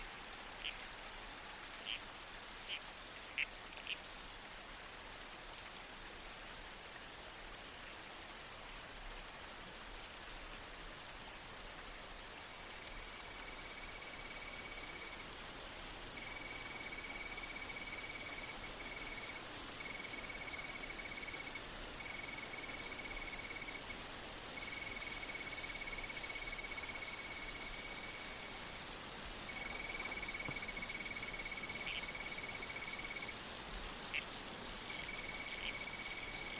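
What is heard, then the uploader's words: A steady, dense wash of running water fills the whole recording, like a creek. A thin, high insect or frog trill sets in around twelve seconds and repeats in short bursts, with a few sharp clicks near the start and a brief brighter swell around twenty-five seconds. Soundscape - Red-Crowned Toadlet. The murmurs of the bush.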